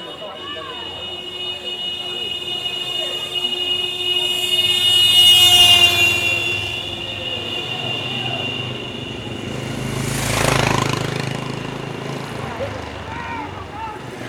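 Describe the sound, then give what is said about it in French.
Escort motorcycles opening and closing a village boys' footrace pass by on the Corso Repubblica, their engines swelling up and fading away twice, first around the middle and again near the end, over a steady background hum and murmur. “Deux motos ouvraient la course et une autre la fermait.”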